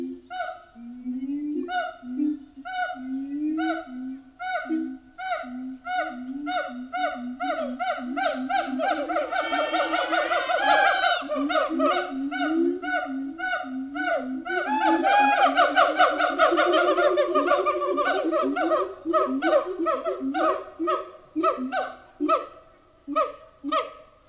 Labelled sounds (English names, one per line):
Siamang